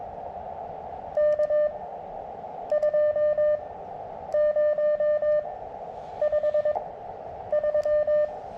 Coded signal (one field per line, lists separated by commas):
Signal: Morse code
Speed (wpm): 20 wpm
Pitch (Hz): 600 Hz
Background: none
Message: K2053